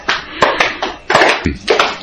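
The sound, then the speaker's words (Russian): Sharp, loud hand claps from people standing up to clap on instruction arrive in an uneven run of about half a dozen, some overlapping and trailing into a brief smeared wash of sound, with no talking. “Когда я говорю, встаньте, хлопните в ладони, подумайте, есть такая мысль всегда, всегда, что за фигня?”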